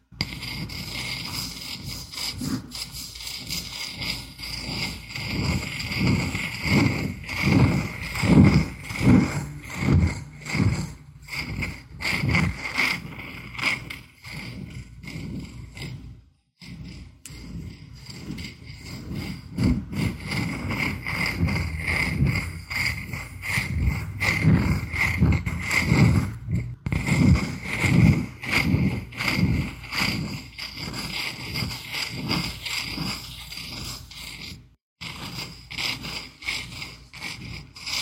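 A candle cap scratches in rough, uneven strokes, with gritty bursts coming in quick clusters that swell and fade. The scraping carries a low rumbling body and a thin bright edge, and it cuts out briefly near 16 seconds and again near 35 seconds.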